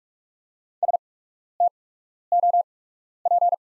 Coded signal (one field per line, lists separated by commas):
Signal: Morse code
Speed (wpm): 44 wpm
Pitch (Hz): 700 Hz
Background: none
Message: STOP